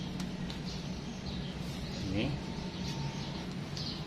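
A wire tap splice connector is handled over the white-with-yellow-stripe power window wire in the door of a 2017 Toyota Agya 1.200cc during a four-door power window closer install. Someone talks briefly over low background noise, with faint bird-like chirps and two short sharp sounds near 0.5 s and 3.8 s. Nothing has clicked or seated yet; the connector is not yet pressed shut and locked.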